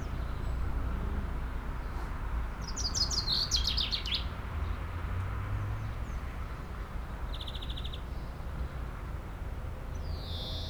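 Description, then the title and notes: Common chaffinch sings one cascading trilled phrase, later followed by a short dry buzzy trill and a brief high note, over a constant low hum. Singing in a tree while preening, 30 Rue Eugène Fert, Aix-les-Bains, France; faint Sierroz stream in background. "30 Rue Eugène Fert, 73100 Aix-les-Bains, France - Pinson des arbres. Un pinson chante dans un arbre et je le vois faire sa toilette, une petite séquence différente de sa ritournelle habituelle"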